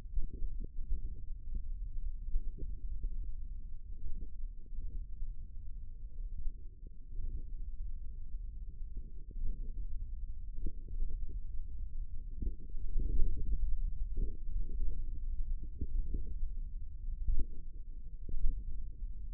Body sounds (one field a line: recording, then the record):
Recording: forearm muscle sounds (acoustic myography)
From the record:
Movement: thumb flexion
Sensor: system 1, eight BSWA MPA416 microphones around the upper forearm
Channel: 5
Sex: male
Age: 54 years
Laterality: right